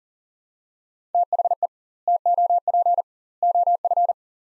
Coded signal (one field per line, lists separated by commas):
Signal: Morse code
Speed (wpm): 39 wpm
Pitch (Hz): 700 Hz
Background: none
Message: THE TOP OF